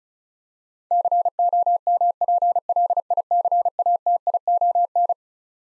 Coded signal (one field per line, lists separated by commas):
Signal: Morse code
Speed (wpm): 36 wpm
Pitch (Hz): 700 Hz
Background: none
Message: COMPLICATION